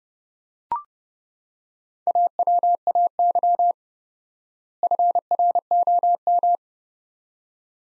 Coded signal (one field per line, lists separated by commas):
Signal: Morse code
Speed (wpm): 30 wpm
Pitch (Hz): 700 Hz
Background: none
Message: AWAY FROM